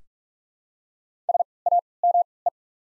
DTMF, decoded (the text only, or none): none